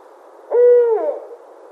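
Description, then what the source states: Barred owl giving a single clear hoot, held steady for about half a second, then sliding downward into a drawn-out, fading tail. Recorded 29 January 2012.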